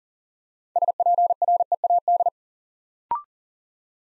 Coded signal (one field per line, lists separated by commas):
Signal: Morse code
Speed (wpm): 40 wpm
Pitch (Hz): 700 Hz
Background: none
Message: SPREAD